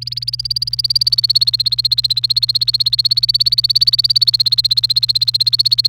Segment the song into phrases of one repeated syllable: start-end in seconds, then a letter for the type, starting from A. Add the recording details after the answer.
0.01-5.88 A. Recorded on 28 April 2018 at 16:23. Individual llb3